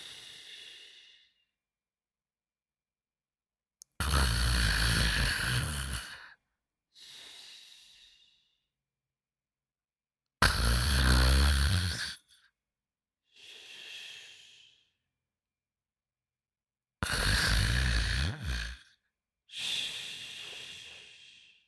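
Three loud, low, rattling snores, each about two seconds long, come at a slow rhythm of roughly nine breaths a minute. Each is followed by a softer, airy exhale. Typical snoring from a man.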